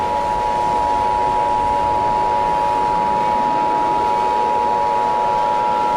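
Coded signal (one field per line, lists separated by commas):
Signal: Emergency Alert System (SAME) tones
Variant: 853 and 960 Hz attention tone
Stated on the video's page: Fictional Emergency Alert System scenario, not a real alert.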